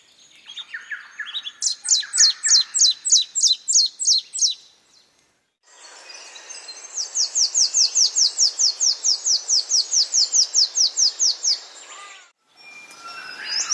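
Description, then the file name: Bird calls: regular series of high, sharp chirps, two runs separated by a pause, over a faint hiss. "BIRD wbsw"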